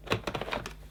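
The hose of a Shark Anti Hair Wrap NZ850UKT vacuum cleaner with Powered Lift-Away is slid into the suction pod with its release button uppermost, making a few short tapping handling sounds over a low steady hum. The hose has not clicked into position yet; nothing has seated.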